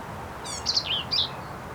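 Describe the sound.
Black-capped vireo song: a short phrase of buzzy, rapid high notes followed by sharp chattering squeaky notes, about one second long, with steady background hiss.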